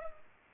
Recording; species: mosquito wingbeat signal from an infrared sensor; Culex pipiens